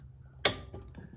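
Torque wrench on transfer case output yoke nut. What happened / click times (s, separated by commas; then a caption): The torque wrench clicked at its setting / 0.5 s. A torque wrench pressed downward on the transfer case output yoke nut of a Willys Jeep, during a rear driveshaft install, gives a second sharp click at 0.4 s, followed by a few faint ticks. The nut is confirmed torqued to 65 ft-lb before the driveshaft goes on, since it can't be torqued afterward.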